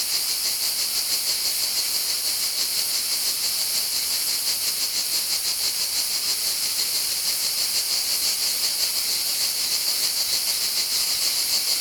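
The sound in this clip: Cicadas droning: a continuous, hissing high buzz throughout, with no other sounds.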